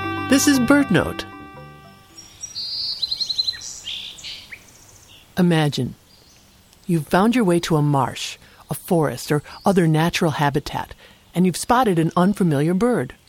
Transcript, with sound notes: This is BirdNote! [Ambient outdoor sounds] Imagine — you’ve found your way to a marsh, a forest, or other natural habitat — and you’ve spotted an unfamiliar bird.